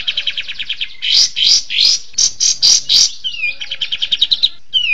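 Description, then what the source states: Bird song: quick repeated high chirps, then a series of loud, rising buzzy notes, followed by a downward whistle and more rapid chirping. Masteran bird sound, used for training birds.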